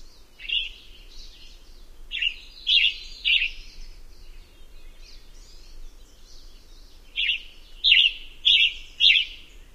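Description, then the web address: Western tanager giving rough, slurred phrases, a short run early then a longer quick series of four near the end. "Songs of Birds of North America Know Your Bird Sounds Common Western Species. Western Tanager"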